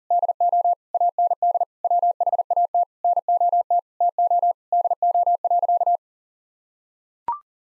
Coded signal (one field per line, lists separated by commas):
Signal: Morse code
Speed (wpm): 40 wpm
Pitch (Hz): 700 Hz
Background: none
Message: DO AND WHAT NOT TO DO.